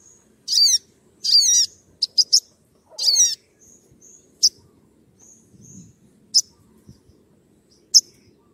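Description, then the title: Oriental magpie-robin song of separate sharp downslurred notes and short clipped phrases, interspersed with soft high whistles and pauses. Persistently singing bird; recording used as a lure to provoke other birds of its kind into answering. "Pancingan Suara Siulan Kacer Gacor Untuk Memancing Kacer Lain Agar Mau Nyaut Bunyi"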